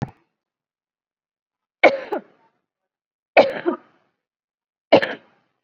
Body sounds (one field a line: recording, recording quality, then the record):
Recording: heavy voluntary cough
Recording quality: excellent, no background noise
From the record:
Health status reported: COVID-19 positive, moderate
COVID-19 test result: positive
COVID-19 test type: RT-PCR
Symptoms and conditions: cough, cold, another condition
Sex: female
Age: 32 years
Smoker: no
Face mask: worn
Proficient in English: yes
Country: India